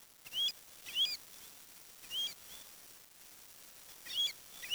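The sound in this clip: Bird calls: brief high chirps repeated at uneven intervals, with light background hiss between them.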